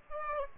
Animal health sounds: mosquito wingbeat signal from an infrared sensor; Aedes aegypti

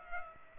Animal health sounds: mosquito wingbeat signal from an infrared sensor; Culex pipiens

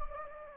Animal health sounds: mosquito wingbeat signal from an infrared sensor; Anopheles gambiae

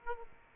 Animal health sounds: mosquito wingbeat signal from an infrared sensor; Aedes aegypti

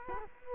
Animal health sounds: mosquito wingbeat signal from an infrared sensor; Culex quinquefasciatus

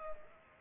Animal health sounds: mosquito wingbeat signal from an infrared sensor; Culex pipiens

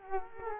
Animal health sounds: mosquito wingbeat signal from an infrared sensor; Culex quinquefasciatus

